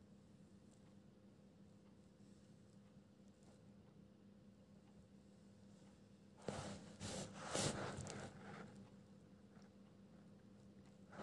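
Pencil ASMR in a quiet space: for the first six seconds there is only a soft, steady low hum. Around six and a half seconds a bright, papery rustle bursts in, like a page being flipped, scratching in quick strokes for about three seconds before settling back to the hum.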